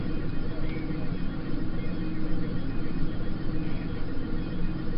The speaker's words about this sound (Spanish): Bueno, vamos a dejarlo ahí de fondo. El ruido ahí. Que hace mi coche.